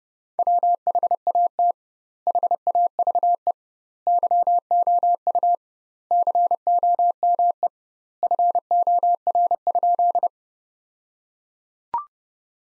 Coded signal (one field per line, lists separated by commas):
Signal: Morse code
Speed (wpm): 31 wpm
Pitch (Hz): 700 Hz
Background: none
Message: WHAT HAVE YOU COME FOR?